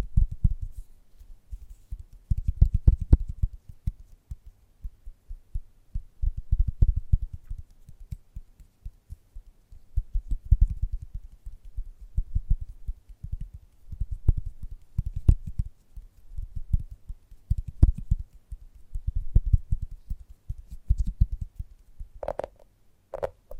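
Gentle tapping runs steadily through the recording, soft low thumps repeating quickly in small bursts with brief pauses between them. A few sharper, brighter clicks stand out now and then, and near the end a short higher tone appears alongside the taps.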